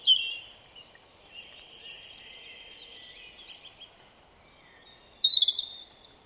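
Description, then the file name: European robin song with a short high phrase at the start, a long spell of faint thin twittering, then a bright tumbling burst of trilled notes. "Erithacus rubecula"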